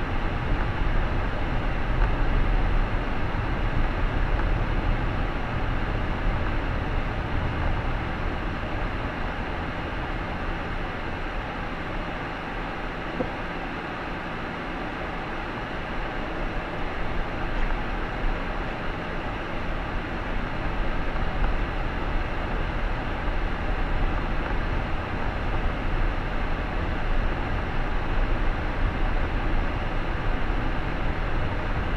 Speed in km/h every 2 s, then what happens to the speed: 41, 43, 41, 36, 26, 15, 7, 10, 16, 22, 26, 29, 32, 36, 39, 40.
0-5 steady at about 41. 5-12 brakes to 7. 12-32 speeds up to 40.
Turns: 10-17.